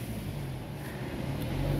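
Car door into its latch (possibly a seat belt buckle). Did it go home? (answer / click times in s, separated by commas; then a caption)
no / none. A child inside a car pulls the car door (possibly a seat belt buckle) toward herself to close it, but it fails to catch in its latch. Only a steady low vehicle rumble is heard, and nothing has clicked or seated yet.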